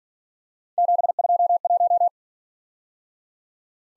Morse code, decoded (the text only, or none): 721